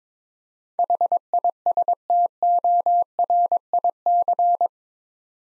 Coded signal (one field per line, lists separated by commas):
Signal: Morse code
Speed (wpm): 22 wpm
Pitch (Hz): 700 Hz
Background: none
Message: HISTORIC